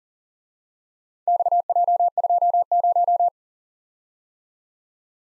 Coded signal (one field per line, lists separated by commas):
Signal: Morse code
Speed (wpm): 44 wpm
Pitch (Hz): 700 Hz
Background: none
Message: XJ20